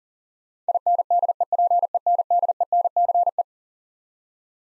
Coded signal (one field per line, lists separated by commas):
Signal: Morse code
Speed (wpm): 40 wpm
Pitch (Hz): 700 Hz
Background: none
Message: INDEPENDENCE